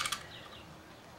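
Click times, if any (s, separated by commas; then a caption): 0.1 s. A small internal part is worked behind a retaining plate and lined up inside a pump shotgun's receiver during reassembly. It drops in and snaps into place with a sharp click at 0.1 s, following a brief burst of bright metallic rattling, though the pin hole is then out of reach. A faint, low background hum continues afterward.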